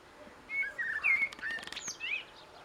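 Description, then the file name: Eurasian blackbird delivering a short, fluty warbled phrase that breaks into scratchy high twitters, with a few sharp clicking sounds mixed in. "Turdus merula"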